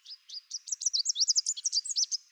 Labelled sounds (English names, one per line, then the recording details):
Chestnut-capped Warbler song
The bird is a male
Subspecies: delattrii
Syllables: 17
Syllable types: 14
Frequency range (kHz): 3.1-8.4 kHz
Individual CR-WOOS-M